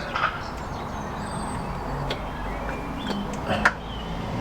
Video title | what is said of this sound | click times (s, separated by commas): Replacing the Head Gasket on a Classic Fiat 500 - 126 – Part 3 - FD Ricambi | Then I go through the pipe here. Nice positive click there. | 3.7 s